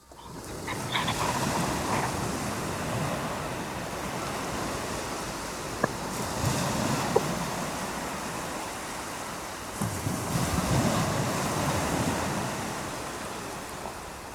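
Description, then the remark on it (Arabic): Steady rushing sea waves, heard through a window of a house that overlooks the sea, wash in and out with slow swells of surf noise, a continuous broad hiss with no voices, broken only by a couple of faint clicks. “باب من جوه وشباك بيطل على البحر.”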